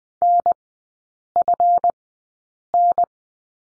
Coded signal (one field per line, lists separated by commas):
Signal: Morse code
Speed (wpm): 20 wpm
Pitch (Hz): 700 Hz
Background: none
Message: NFN